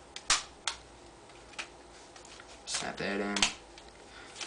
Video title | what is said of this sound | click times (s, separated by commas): Assembling the Empire Prophecy | come down hook snap | 0.3 s, 0.7 s